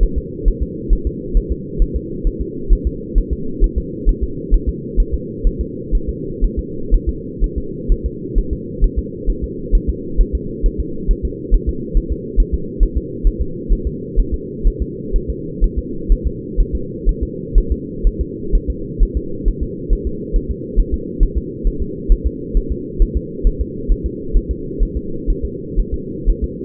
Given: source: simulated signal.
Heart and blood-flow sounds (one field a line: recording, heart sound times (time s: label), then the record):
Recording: fetal heart sounds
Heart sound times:
0.03 s: S1
0.18 s: S2
0.48 s: S1
0.63 s: S2
0.93 s: S1
1.07 s: S2
1.37 s: S1
1.52 s: S2
1.82 s: S1
1.96 s: S2
2.27 s: S1
2.41 s: S2
2.73 s: S1
2.87 s: S2
3.18 s: S1
3.33 s: S2
3.64 s: S1
3.78 s: S2
4.09 s: S1
4.23 s: S2
4.54 s: S1
4.69 s: S2
5.00 s: S1
5.14 s: S2
5.47 s: S1
5.61 s: S2
5.95 s: S1
6.09 s: S2
6.44 s: S1
6.59 s: S2
6.94 s: S1
7.09 s: S2
7.44 s: S1
7.58 s: S2
7.92 s: S1
8.06 s: S2
8.38 s: S1
8.53 s: S2
8.84 s: S1
8.99 s: S2
9.30 s: S1
9.44 s: S2
9.75 s: S1
9.89 s: S2
10.21 s: S1
10.35 s: S2
10.66 s: S1
10.80 s: S2
11.11 s: S1
11.25 s: S2
11.54 s: S1
11.69 s: S2
11.97 s: S1
12.12 s: S2
12.40 s: S1
12.54 s: S2
12.83 s: S1
12.97 s: S2
13.27 s: S1
13.41 s: S2
13.73 s: S1
13.87 s: S2
14.19 s: S1
14.34 s: S2
14.67 s: S1
14.82 s: S2
15.16 s: S1
15.30 s: S2
15.64 s: S1
15.78 s: S2
16.12 s: S1
16.27 s: S2
16.60 s: S1
16.75 s: S2
17.09 s: S1
17.23 s: S2
17.58 s: S1
17.72 s: S2
18.07 s: S1
18.21 s: S2
18.55 s: S1
18.70 s: S2
19.03 s: S1
19.17 s: S2
19.48 s: S1
19.63 s: S2
19.93 s: S1
20.07 s: S2
20.36 s: S1
20.51 s: S2
20.80 s: S1
20.94 s: S2
21.23 s: S1
21.38 s: S2
21.67 s: S1
21.82 s: S2
22.12 s: S1
22.26 s: S2
22.57 s: S1
22.72 s: S2
23.02 s: S1
23.17 s: S2
23.47 s: S1
23.61 s: S2
23.92 s: S1
24.06 s: S2
24.37 s: S1
24.51 s: S2
24.83 s: S1
24.97 s: S2
25.30 s: S1
25.45 s: S2
25.79 s: S1
25.94 s: S2
26.29 s: S1
26.44 s: S2
From the record:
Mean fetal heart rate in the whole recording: 130 bpm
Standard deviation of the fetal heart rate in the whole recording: 4 bpm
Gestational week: 38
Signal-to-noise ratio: -4.3 dB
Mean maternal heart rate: 72 bpm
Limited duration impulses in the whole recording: absent